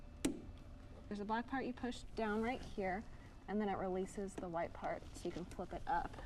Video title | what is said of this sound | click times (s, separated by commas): How To: Removing Doors from Gladiator at WowWoodys | so first you push the red part up until it clicks | 0.2 s